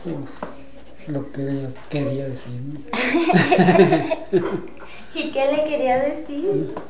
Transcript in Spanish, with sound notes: Pos lo que ella quería decirme. (risas)
Y, ¿qué le quería decir?